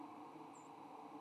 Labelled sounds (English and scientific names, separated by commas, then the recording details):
White-throated Sparrow (Zonotrichia albicollis) flight call
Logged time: 03:33 on 15 November 2014